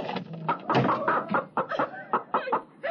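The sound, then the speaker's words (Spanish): A hen trapped under a basket, where it had come to eat leftover grains of wheat, clucks in a rapid, uneven series of short, mid-pitched bursts, with a few louder squawks mixed in. The clucks sound agitated. “Era una gallina que estaba prisionera bajo el cesto.”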